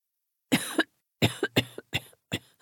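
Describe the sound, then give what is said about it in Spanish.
A fit of harsh, raspy coughing: several sharp bursts in quick, uneven succession, some doubled, with short gaps of silence between them and no talking. “Lo sé perfectamente, dijo entre toses.”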